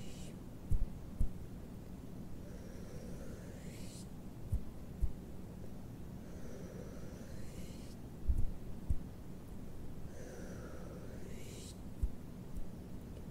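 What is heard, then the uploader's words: Quiet hand movements over a low, steady hum, with three slow sweeping swishes arriving every four seconds or so, each bending downward in pitch. Sharp little clicks and taps pop up irregularly, clustering around the one- and eight-second marks. ASMR MOUTH SOUNDS, ASMR PLUCKING PULLING, HAND MOVEMENTS ASMR, ASMR SKSKSK TKTKTK.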